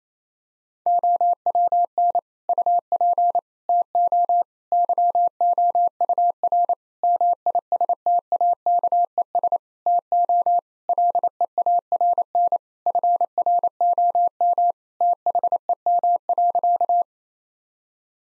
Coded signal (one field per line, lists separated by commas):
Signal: Morse code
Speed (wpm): 28 wpm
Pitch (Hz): 700 Hz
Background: none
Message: OWN UP TO YOUR MISTAKES TO LEARN FROM THEM.